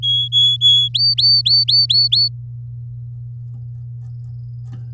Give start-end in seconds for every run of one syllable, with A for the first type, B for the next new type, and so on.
0.02-0.88 A, 0.94-2.28 B